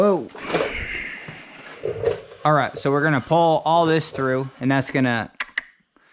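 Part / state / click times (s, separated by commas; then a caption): gear cable into a bicycle shifter / seated / 5.6 s. A gear cable is pulled through a bicycle shifter while someone talks, and a single sharp ratchet-like click at 5.6 s marks the cable snapping into place in the shifter.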